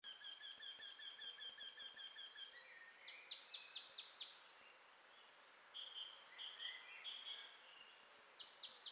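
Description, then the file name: Marsh tit calls: a steady run of repeated chirping notes at the start, then bursts of sharp, high notes dropping quickly in pitch, with scattered thin whistles. "Poecile palustris"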